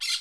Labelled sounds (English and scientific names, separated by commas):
Brown-throated Parakeet (Eupsittula pertinax) contact call